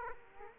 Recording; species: mosquito wingbeat signal from an infrared sensor; Aedes aegypti